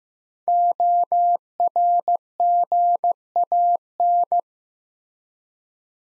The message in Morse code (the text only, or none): ORGAN